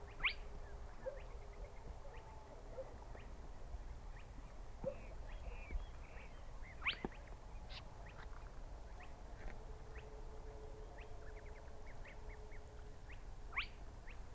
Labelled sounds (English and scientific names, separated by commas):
Spotted Crake (Porzana porzana)